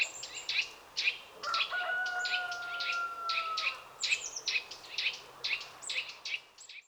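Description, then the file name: Eurasian nuthatch calls: bright, clipped chirps repeated quickly and unevenly, while a long, steady, slightly falling whistled tone runs through the middle for a couple of seconds. "Sitta europaea"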